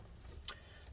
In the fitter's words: squeeze it back together all right this is kind of not clicking in right